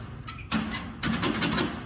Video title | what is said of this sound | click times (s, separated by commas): February 12, 2023 | Making sure your gate locks in place. | 0.5 s, 1.0 s